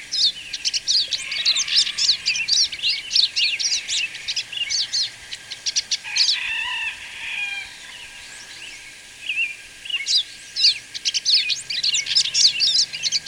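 Bird song: dense, rapid high chirps and trills in bursts, a quieter pause midway, then resuming with energetic twittering phrases.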